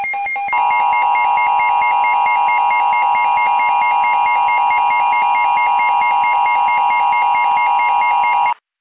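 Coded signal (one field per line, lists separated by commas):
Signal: Emergency Alert System (SAME) tones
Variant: 853 and 960 Hz attention tone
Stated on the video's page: Fictional EAS scenario made with an EAS simulator, with audio effects edited in.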